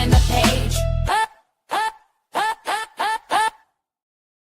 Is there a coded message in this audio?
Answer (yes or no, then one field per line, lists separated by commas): no